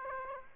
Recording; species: mosquito wingbeat signal from an infrared sensor; Aedes aegypti